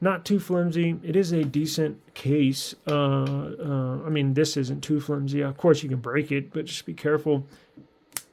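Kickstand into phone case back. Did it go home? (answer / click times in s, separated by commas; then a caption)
yes / 8.2 s. Someone talks while handling a rose gold Spigen Tough Armor dual-layer case on a Pixel 8 Pro, then folds its plastic kickstand back into the recess on the case back. A single sharp snap at 8.2 s marks the kickstand seating closed in place.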